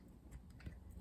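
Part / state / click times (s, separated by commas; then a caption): lamp socket shell into socket cap / not seated / none. A metal lamp socket, with its shell put back on, is being pushed down into the socket cap. Faint scraping and small ticking handling noises are heard, with a slightly louder low knock near 0.7 seconds. Nothing has seated or clicked into place yet.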